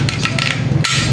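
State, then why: Seated. A diver closes the locking cam buckle on the tank strap that holds the scuba tank to the backpack or BCD. A few short knocks and handling sounds come first, over a steady low hum. The buckle snaps shut and locks at 0.9 s.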